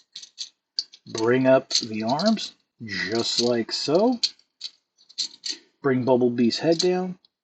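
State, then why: Not seated. A plastic Transformers Studio Series War For Cybertron Bumblebee action figure is handled mid-transformation, with its arms brought up and its head folded down before the chest panel closes over it. Someone talks throughout, broken by brief light plastic clicks and rattles near the start and around 4.7–5.3 seconds. The chest panel has not yet snapped into place; nothing has seated or clicked yet.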